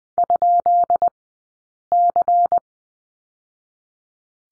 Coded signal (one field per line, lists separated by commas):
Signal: Morse code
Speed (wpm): 20 wpm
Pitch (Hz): 700 Hz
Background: none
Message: ?C